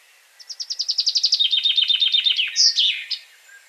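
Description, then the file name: Common chaffinch: bright rattling trill stepping downward, then a ringing flourish at the end, one complete phrase. "Fringilla coelebs"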